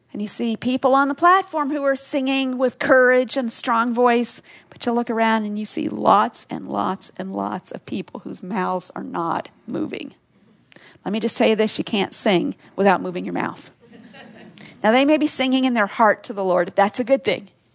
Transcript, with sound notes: and you see people on the platform who are singing with courage and strong voice, but you look around and you see lots and lots and lots of people whose mouths are not moving. Let me just tell you this: you can’t sing without moving your mouth. (laughter) Now, they may be singing in their heart to the Lord. That’s a good thing.